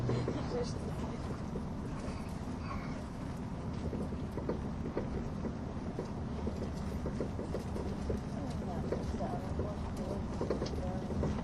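Inside an ETR610 tilting train on the Gotthard route, a steady low rumble runs throughout, with frequent faint clicks and brief distant voices.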